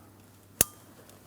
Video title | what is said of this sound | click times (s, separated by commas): How to Replace EGR Valve 2004-2008 Pontiac Grand Prix 3.8L V6 | Press it in. Audible click. And it is secure. | 0.6 s